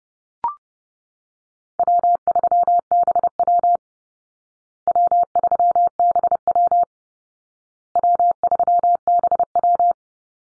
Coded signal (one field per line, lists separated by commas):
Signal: Morse code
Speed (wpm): 30 wpm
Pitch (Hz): 700 Hz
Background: none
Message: W3BW W3BW W3BW